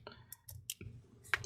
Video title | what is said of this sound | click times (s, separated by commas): Don’t Pay Apple! Replace MacBook Pro A2338 Screen at Homefor $170 💸🛠️ | You have that little clicker to clip back in. | 0.7 s, 1.3 s